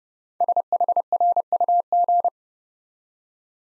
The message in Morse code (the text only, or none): SHRUG